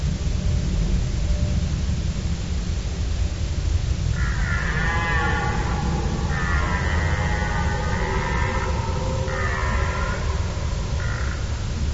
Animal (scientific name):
Cervus elaphus